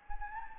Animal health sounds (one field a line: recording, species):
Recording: mosquito wingbeat signal from an infrared sensor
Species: Anopheles gambiae